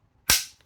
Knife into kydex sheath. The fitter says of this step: got a really nice click in and